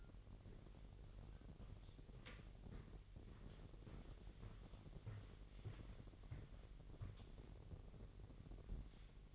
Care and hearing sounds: daily activity, microphone in the room; walk to room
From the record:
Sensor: 4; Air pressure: 1013.0 hPa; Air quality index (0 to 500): 240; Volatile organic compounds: 4 ppm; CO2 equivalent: 1601 ppm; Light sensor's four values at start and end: 29/70/28/29 and 23/56/23/24

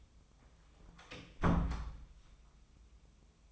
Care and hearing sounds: daily activity, microphone in the room; close door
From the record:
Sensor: 1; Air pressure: 1004.9 hPa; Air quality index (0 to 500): 81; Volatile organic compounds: 2 ppm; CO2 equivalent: 1088 ppm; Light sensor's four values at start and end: 9/23/9/10 and 9/23/9/9

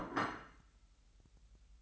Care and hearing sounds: daily activity, microphone in the room; place plate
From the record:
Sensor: 3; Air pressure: 1002.0 hPa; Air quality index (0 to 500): 246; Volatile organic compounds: 50 ppm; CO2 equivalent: 3297 ppm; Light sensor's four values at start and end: 12/37/16/13 and 12/37/16/13

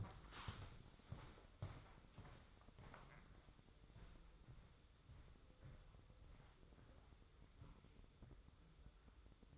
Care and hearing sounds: daily activity, microphone in the room; walk to room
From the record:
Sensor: 3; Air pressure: 995.5 hPa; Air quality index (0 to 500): 86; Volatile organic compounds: 8 ppm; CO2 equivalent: 2111 ppm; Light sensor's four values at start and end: 26/78/33/28 and 27/81/34/29

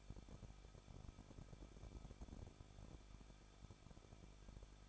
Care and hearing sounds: daily activity, microphone in the room; no activity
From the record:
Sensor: 5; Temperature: 20.8 degrees Celsius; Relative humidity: 38.3%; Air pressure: 1006.4 hPa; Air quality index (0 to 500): 188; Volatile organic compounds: 19 ppm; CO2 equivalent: 2645 ppm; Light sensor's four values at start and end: 2/3/1/1 and 2/3/1/1

